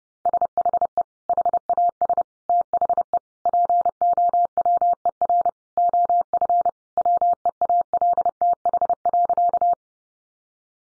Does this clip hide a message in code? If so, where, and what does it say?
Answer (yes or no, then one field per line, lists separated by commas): yes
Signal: Morse code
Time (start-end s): 0.3-9.7 s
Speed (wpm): 30 wpm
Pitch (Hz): 700 Hz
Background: none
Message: SHE HAS THE POWER OF WEALTH.